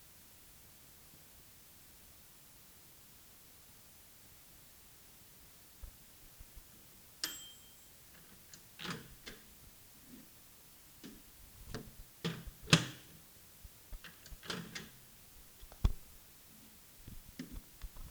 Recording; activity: daily activity, guitar pickup as the sensor; use microwave